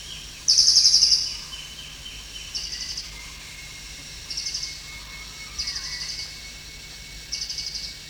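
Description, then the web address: Crested jay producing a strong buzzy rattle of rapid pulses, then several quieter rattles spaced one to two seconds apart over faint background sounds. Recorded at Danum on 1 January 2008. "DANUM 20080101. crested jay"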